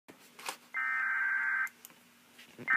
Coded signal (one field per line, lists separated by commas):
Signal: Emergency Alert System (SAME) tones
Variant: header bursts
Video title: EAS 1851 FFW-Extension (FFW-C) NWS Lake Charles